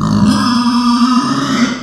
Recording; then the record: squeal of a Yucatan mini pig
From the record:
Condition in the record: after surgery on the right vocal fold (resection and tissue-engineered implant); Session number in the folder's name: 14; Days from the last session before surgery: 133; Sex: female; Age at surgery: 19 weeks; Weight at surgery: 25 kg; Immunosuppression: prednisolone